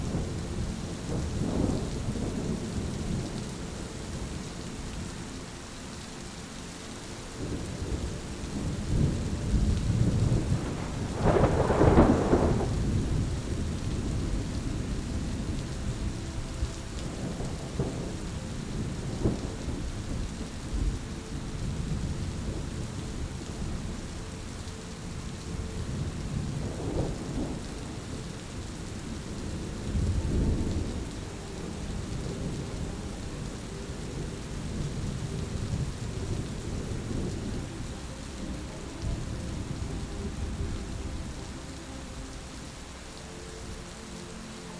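A thunderstorm rumbles under a steady wash of rain, the deep low rolling swelling and fading throughout. The loudest crack of thunder lands around twelve seconds, with smaller rolls near eighteen and twenty-seven seconds, while the hiss of falling rain continues unbroken.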